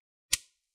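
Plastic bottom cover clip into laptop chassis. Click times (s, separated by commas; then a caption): 0.3 s. During reassembly of an ASUS TUF Gaming FX505D laptop after repasting and cleaning, the top and bottom covers are pinched hard along the front edge, and a plastic bottom cover clip snaps into the chassis. A single sharp, bright click at 0.3 s rings out briefly in near silence. The clip is seated.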